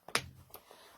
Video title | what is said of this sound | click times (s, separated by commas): Tula Explore with a new baby | with a new baby I'm gonna unsnap all three | 0.2 s